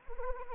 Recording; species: mosquito wingbeat signal from an infrared sensor; Anopheles arabiensis